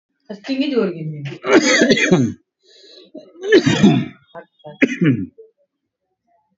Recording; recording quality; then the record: heavy voluntary cough; excellent, no background noise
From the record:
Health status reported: COVID-19 positive, mild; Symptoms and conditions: cough, cold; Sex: male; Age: 47 years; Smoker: not ticked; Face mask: worn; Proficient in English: yes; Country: India